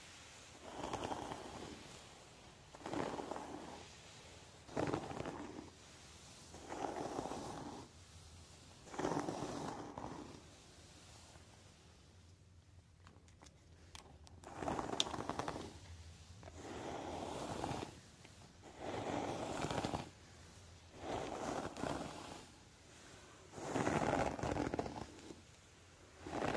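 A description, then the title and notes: Wind buffets windmuffs in rhythmic whooshing surges that arrive about every two seconds, each a soft rushing swell with a low rumble beneath. Midway there is a quieter lull with brief crackles, then the gusts return, the loudest near the end. Windy Muffs, Scratching the 3DIO.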